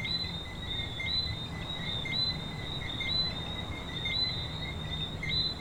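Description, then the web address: Chorus of coqui frogs giving short whistled chirps, layered thickly and unbroken, with a low hum beneath. Frogs at a beach in Venezuela. "venezuela frogs Coqui playa"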